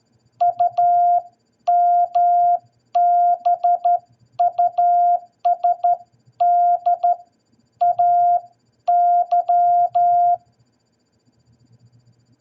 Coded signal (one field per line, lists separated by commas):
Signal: Morse code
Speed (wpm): 13 wpm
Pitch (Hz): 700 Hz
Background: none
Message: UMBUS DAY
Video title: What Is Columbus Day In Morse Code?